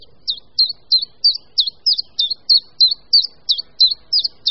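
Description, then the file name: Common chiffchaff singing a steady string of high, clipped two-tone notes, roughly three each second, with nothing else clearly heard. "Budníček-menší"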